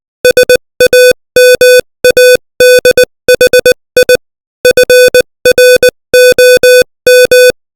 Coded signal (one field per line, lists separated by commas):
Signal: Morse code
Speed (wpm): 20 wpm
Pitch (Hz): 500 Hz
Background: music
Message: SAMADHI FROM